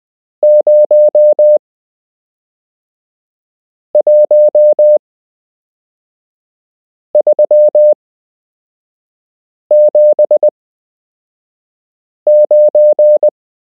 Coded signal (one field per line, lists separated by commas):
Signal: Morse code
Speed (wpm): 20 wpm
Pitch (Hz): 600 Hz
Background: none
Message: 01379